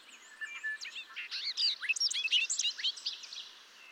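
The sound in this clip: Bobolink song, a hurried jumble of squeaky, bouncing notes rising and falling at varied pitches, lasting about three seconds.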